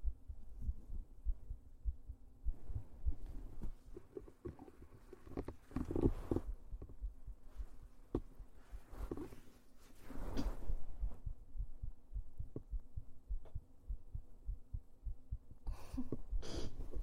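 Normal heart sounds of an adult mother, heard clearly through a microphone held to the chest.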